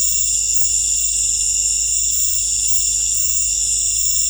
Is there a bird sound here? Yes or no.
no